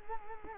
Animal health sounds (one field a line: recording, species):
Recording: mosquito wingbeat signal from an infrared sensor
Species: Culex quinquefasciatus